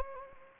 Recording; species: mosquito wingbeat signal from an infrared sensor; Anopheles gambiae